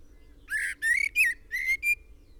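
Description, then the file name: Common blackbird giving five harsh, strained notes in quick succession, each rising slightly, over a faint low hum. "Turdus merula"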